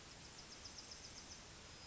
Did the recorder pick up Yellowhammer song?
yes